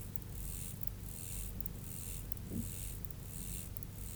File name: Myrmeleotettix maculatus